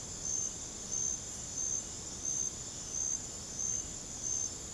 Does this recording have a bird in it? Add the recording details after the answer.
no. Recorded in secondary vegetation near Puerto Asís, Putumayo, Colombia, on 26 December 2024 at 02:30. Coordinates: 0.489, -76.322. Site G059